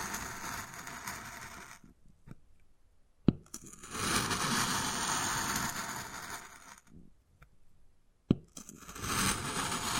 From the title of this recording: Wood Carving, Tapping and Scratching Sounds